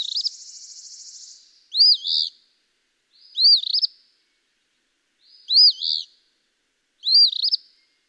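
Eastern phoebe song: a buzzy trill, then four hoarse fee-bee phrases follow at uneven intervals.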